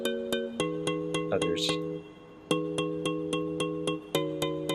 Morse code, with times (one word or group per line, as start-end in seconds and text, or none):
none